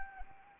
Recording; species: mosquito wingbeat signal from an infrared sensor; Anopheles arabiensis